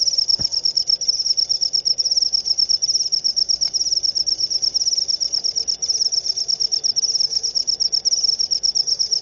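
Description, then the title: Cricket chirping in a continuous high-pitched pulsing trill, with an occasional click. Loud cricket chirping (ngerik), used to make lovebirds sing continuously (ngekek). "Suara JANGKRIK NGERIK Keras Bikin LOVEBIRD Jadi NGEKEK Terus Vubey"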